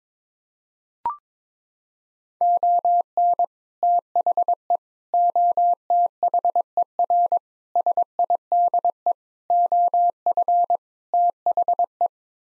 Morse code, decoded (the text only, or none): ON THE OTHER SIDE OF THE